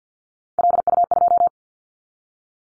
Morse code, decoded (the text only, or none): LU2